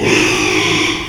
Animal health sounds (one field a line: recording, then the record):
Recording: squeal of a Yucatan mini pig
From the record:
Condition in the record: after surgery on the right vocal fold (resection and tissue-engineered implant)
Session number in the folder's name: 1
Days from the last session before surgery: 6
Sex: male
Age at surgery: 12 weeks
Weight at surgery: 13 kg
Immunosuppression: cyclosporine, prednisolone